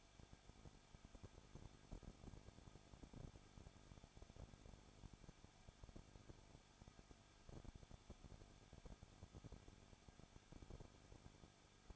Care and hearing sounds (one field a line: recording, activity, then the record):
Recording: daily activity, microphone in the room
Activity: no activity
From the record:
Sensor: 5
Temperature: 20.9 degrees Celsius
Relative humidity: 35.1%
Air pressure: 994.6 hPa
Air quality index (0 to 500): 154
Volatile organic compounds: 2 ppm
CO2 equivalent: 1283 ppm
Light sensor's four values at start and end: 2/3/1/1 and 2/3/1/1